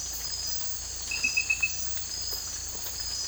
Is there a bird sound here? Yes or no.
no